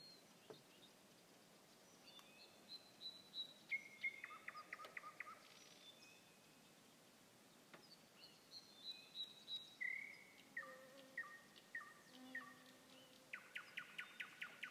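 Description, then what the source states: Nightingale singing varied phrases: thin whistles, buzzy rattles and a bright note followed by rapid repeated notes, with pauses between phrases. Nightingale song recorded on 21 May 2016.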